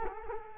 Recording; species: mosquito wingbeat signal from an infrared sensor; Culex quinquefasciatus